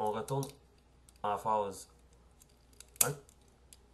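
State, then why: Seated. Someone talks, then the head of a plastic transforming robot toy is pushed into its torso during the change back to robot mode. It clips into place with a sharp click at 3.0 s, among a few fainter ticks. The head is seated and properly engaged, which matters because a loose head would push up another part and jam the shovel.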